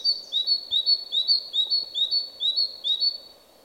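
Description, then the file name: Great tit singing a steady series of seesawing two-note phrases, several repeats, over a soft low background rumble. "Parus major"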